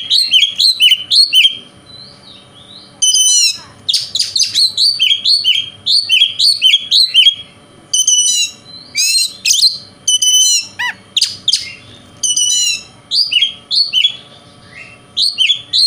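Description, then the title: Oriental magpie-robin singing a long, varied run of loud whistles, trills and sharp chirps in rapid bursts, with short gaps between phrases. Local name kacer; song described as konslet, said to provoke other magpie-robins. "Kacer Konslet Bikin Kacer Lain"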